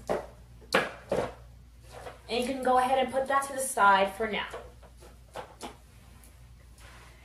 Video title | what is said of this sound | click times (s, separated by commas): Fisher-Price Thomas & Friends Tray Play Booster Seat Review | ahead and pop the tray off on both of the sides | 0.8 s, 1.1 s